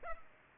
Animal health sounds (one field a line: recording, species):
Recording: mosquito wingbeat signal from an infrared sensor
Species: Culex pipiens